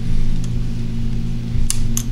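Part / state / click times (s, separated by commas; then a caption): trigger pin spring into revolver frame notch / seated / 1.7 s, 2.0 s. While reassembling a Ruger Vaquero single-action revolver, the trigger pin is worked back in from the other side with the trigger pin spring pushed down. Over a steady low hum and a faint tick at 0.4 s, two sharp metallic snaps ring out at 1.7 s and 2.0 s as the spring snaps into its notch in the steel frame. The spring is seated.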